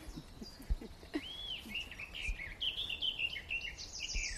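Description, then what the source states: Eurasian Blackcap song: a rich warbling phrase lasting about three seconds, with a higher song from another bird overlapping near the end. Singing at the same time as a wren, during an early morning walk at a nature reserve in Milton Keynes, England, 7:30 am, 21 May 2017.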